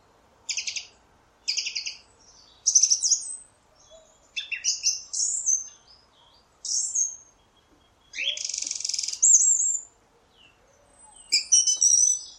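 Song thrush singing loud, varied phrases, the opening notes repeated twice, then rich, buzzy and whistled figures separated by short pauses.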